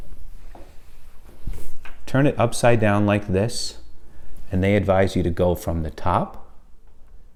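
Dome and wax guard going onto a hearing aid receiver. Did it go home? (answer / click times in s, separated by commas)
no / none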